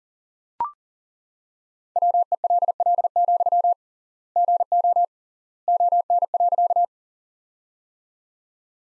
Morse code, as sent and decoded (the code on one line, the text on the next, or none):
.-- . .-.. .-.. --..-- / --. --- / --- -. .-.-.-
WELL, GO ON.